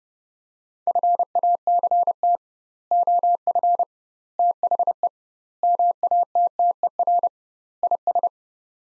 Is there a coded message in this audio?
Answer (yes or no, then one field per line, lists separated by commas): yes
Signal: Morse code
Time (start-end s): 0.9-8.3 s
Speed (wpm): 32 wpm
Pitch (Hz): 700 Hz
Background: none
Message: FACT OF THE MATTER IS